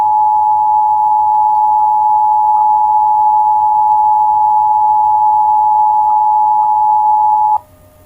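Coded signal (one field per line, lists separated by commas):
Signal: Emergency Alert System (SAME) tones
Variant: 853 and 960 Hz attention tone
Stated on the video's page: Fictional nuclear attack EAS scenario, an older production.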